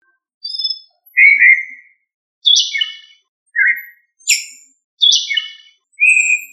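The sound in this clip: Thrush song: short whistled and warbled phrases, clear mid-pitched notes alternating with higher buzzy, harmonic bursts, given in separate bursts against silence.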